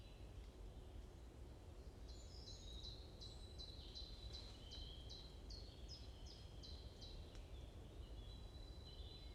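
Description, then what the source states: Bird song: a run of crisp, descending chirps, evenly spaced, then quieter whistles, over steady low-pitched background noise. Morning birds chirping in a forest at Watermaal-Bosvoorde, Brussels, Belgium; peaceful atmosphere; recorded with an AMBE VR microphone.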